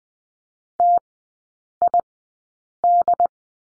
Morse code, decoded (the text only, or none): TID